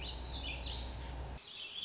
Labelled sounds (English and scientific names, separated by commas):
Warbling Vireo (Vireo gilvus)